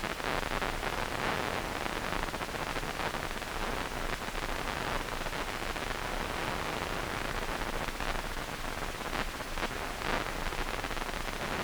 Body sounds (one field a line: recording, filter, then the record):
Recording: brain microelectrode recording played as sound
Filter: wide band, above 20 Hz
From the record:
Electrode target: subthalamic nucleus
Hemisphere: right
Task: reaching with the left hand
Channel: 2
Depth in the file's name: 1.506 mm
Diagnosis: Parkinson's disease